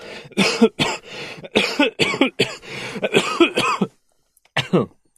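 A rapid run of about nine harsh, explosive coughs over five seconds, some with a voiced, rasping tail, then a short pause and one final cough. A bout of repetitive coughing in an adult man who is not yet fully recovered from a serious illness that kept him bedridden, heard indoors at close range.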